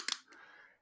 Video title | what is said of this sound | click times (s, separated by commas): Live Show Tonight | it actually clicks in place locks in place it can't come off | 0.1 s